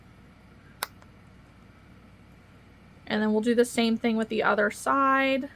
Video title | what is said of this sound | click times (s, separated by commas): Bean the Chonky Peen - Crochet Tutorial - PG13 - Free Pattern 🧶 #amigurumi | Put it over top of that. And just make sure you hear it snap into place. | 0.8 s